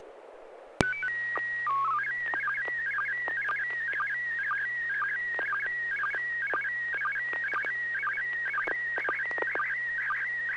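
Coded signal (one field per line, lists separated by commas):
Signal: SSTV (slow-scan television)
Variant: PD 120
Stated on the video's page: Weekly amateur SSTV net on a 441.300 MHz FM repeater, images exchanged using MMSSTV software.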